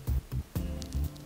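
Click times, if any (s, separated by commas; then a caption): none. A plastic quick-splice tap connector wrapped around a vehicle wire is handled with the pliers end of a pair of wire strippers, ready to be squeezed closed until its latch clicks. Over a pulsing background music bed, only faint handling and brief ticks are heard. Nothing has seated or clicked yet.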